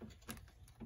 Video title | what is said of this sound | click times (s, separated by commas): How to remove: 2018 Mercedes-Benz c300 front door panel | there slides up and in you'll hear it snap like you heard | 0.3 s